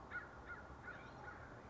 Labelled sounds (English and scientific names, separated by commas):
American Crow (Corvus brachyrhynchos)